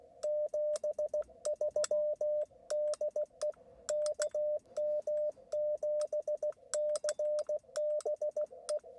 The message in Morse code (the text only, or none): 73 DE KM7CBE